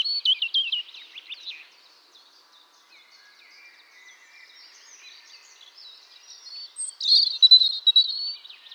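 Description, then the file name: European robin song, a rapid high warbled phrase at the start, faint twittering in between, then another bright, sweet trilling phrase near the end. "Erithacus rubecula"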